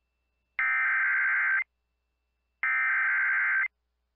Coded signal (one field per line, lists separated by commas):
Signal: Emergency Alert System (SAME) tones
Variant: header bursts